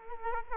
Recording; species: mosquito wingbeat signal from an infrared sensor; Culex quinquefasciatus